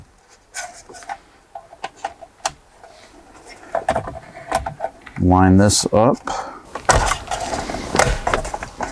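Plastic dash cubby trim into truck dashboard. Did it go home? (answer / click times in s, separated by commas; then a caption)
yes / 8.0 s, 8.3 s. After the connections are made during a Sony XAV-AX8100 plug-and-play kit install, a plastic dash cubby trim piece is lined up and pressed into the dashboard of a 2007–2013 Toyota Tundra truck. Light handling clicks and taps are heard while someone talks, then sharp snaps at 8.0 s and 8.3 s as the trim seats back into place.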